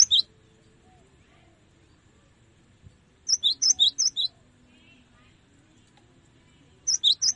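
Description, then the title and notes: Cinereous tit song in short phrases of paired high and lower notes repeated several times, one full phrase midway and fragments at the start and end. Used for tutoring songbirds. "Masteran Gelatik Batu. burung gelatik"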